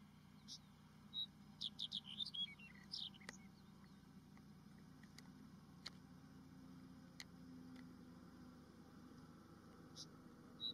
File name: Canto da escrevedeira de cabeca preta